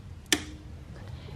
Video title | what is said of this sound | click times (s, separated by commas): How To Replace Front/Rear Brake Pads and Rotors on 2022 Buick Enclave | Clicks in, and don't forget to put this little clip back on too if you took it off. | 0.3 s